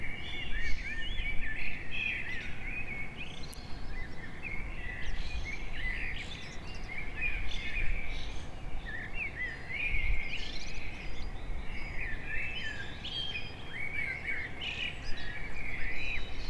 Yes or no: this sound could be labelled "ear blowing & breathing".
no